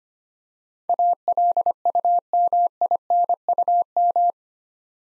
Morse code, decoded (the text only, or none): ALUMINUM